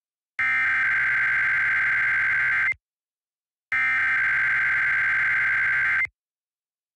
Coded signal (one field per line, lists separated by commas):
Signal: Emergency Alert System (SAME) tones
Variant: header bursts